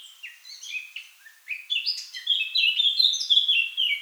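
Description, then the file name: Eurasian blackcap song, a rapid warbling run of varied notes that builds into louder, clear fluting phrases toward the end. "Sylvia atricapilla"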